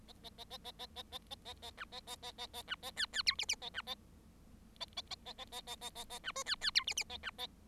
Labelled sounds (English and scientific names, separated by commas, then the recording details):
Bengalese Finch (Lonchura striata domestica) song
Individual Bird7